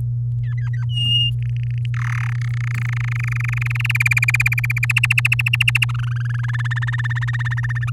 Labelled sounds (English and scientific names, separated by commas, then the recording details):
Domestic Canary (Serinus canaria) song
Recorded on 11 May 2018 at 05:32
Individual llb16